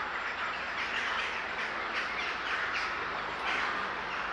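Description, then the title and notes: Birds in a busy flock, harsh chattering calls overlapping continuously, with a few sharper squawks standing out every second or so. A gathering of birds recorded in S. Staszic Park in Łódź. "Ptaki W Parku Im. S. Staszica W Łodzi. Nagranie wykonane z parku im. S. Staszica w Łodzi. Zgromadzenie ptaków"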